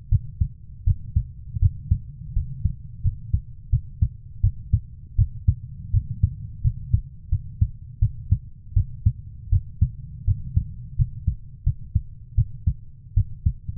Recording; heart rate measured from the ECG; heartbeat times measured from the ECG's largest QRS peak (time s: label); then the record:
heart sounds by stethoscope; 83 bpm
0.09 s: heartbeat
0.84 s: heartbeat
1.60 s: heartbeat
2.34 s: heartbeat
3.02 s: heartbeat
3.70 s: heartbeat
4.41 s: heartbeat
5.16 s: heartbeat
5.91 s: heartbeat
6.62 s: heartbeat
7.29 s: heartbeat
7.99 s: heartbeat
8.74 s: heartbeat
9.50 s: heartbeat
10.25 s: heartbeat
10.96 s: heartbeat
11.64 s: heartbeat
12.35 s: heartbeat
13.14 s: heartbeat
From the record:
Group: healthy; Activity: rest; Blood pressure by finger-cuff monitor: 115/71 mmHg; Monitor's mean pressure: 91 mmHg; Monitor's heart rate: 81 bpm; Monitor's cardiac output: 6.9 L/min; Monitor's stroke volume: 83 mL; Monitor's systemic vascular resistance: 950 dyn s/cm5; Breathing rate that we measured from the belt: 15 breaths a minute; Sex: female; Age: 24 years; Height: 163 cm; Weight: 55.7 kg